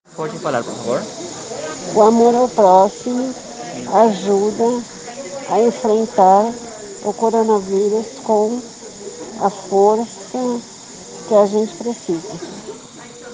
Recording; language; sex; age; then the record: spoken sentence; Brazilian Portuguese; female; 50 to 59 years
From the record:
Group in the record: respiratory insufficiency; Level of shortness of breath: 5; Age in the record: 52 years